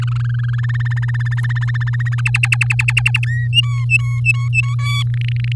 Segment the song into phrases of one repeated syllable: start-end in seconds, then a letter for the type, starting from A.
0.02-1.34 A, 1.37-2.21 B, 2.25-3.25 C, 3.26-3.47 D, 3.53-4.75 E, 4.79-5.03 F, 5.14-5.52 G